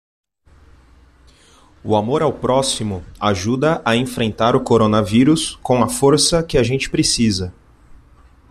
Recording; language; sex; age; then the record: spoken sentence; Brazilian Portuguese; male; 30 to 39 years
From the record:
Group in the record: control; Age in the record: 33 years